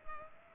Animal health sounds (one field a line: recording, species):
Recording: mosquito wingbeat signal from an infrared sensor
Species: Culex pipiens